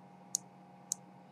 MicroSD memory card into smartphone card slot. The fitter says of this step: feel it when you push it in you should hear a click or feel